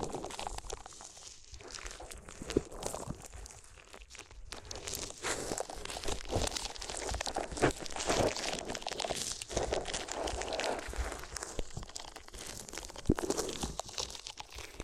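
Paper being handled for ASMR, crinkled and crumpled in a dense, continuous rustle. Sharp crunches and tearing snaps cut through at irregular moments, clearest near two and a half, eight and thirteen seconds, with a brief quieter lull around four seconds.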